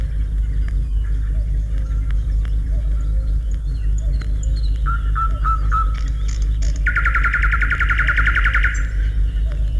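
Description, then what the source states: Nightingale song opening with scattered soft notes and a short run of whistles, then a loud rapid trill for about two seconds, with a low constant rumble beneath. Forest; sings from nearby bushes after sunrise, once the noisy dawn chorus of many birds has partly quietened.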